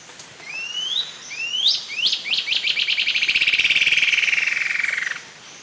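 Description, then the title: Bird song: a few rising whistled sweeps, then a fast, even trill that runs steadily for about three seconds before stopping abruptly. Faint background hiss. "LuckyPassaro Completos2Sama"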